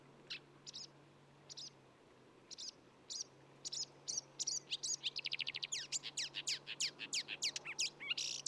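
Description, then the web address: Marsh warbler song: sharp high notes spaced apart at first, then speeding into a rapid chattering run of thin ticks and trills, over a faint low hum. "Sumpfrohrsänger Gesang"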